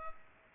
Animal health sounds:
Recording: mosquito wingbeat signal from an infrared sensor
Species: Culex pipiens

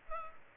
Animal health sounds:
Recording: mosquito wingbeat signal from an infrared sensor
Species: Culex pipiens

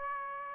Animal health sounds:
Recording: mosquito wingbeat signal from an infrared sensor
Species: Aedes aegypti

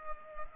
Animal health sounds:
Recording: mosquito wingbeat signal from an infrared sensor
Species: Culex pipiens

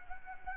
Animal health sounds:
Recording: mosquito wingbeat signal from an infrared sensor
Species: Anopheles arabiensis

